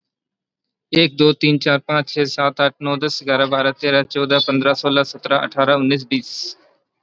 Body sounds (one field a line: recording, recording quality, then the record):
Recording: counting at a fast pace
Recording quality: excellent, no background noise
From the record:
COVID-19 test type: RT-PCR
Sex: male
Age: 29 years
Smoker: no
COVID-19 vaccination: both doses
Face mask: worn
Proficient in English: yes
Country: India